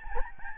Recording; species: mosquito wingbeat signal from an infrared sensor; Aedes albopictus